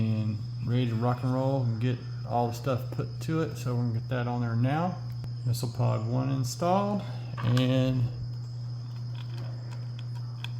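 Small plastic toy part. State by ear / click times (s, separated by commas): seated / 10.4 s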